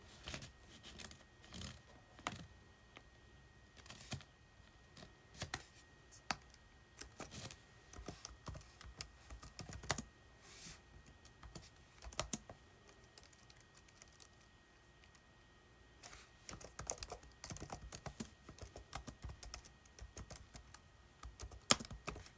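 Keyboard typing comes in irregular bursts of sharp clicks, pausing near fourteen seconds, with a faint steady hum beneath and louder clacks near the end.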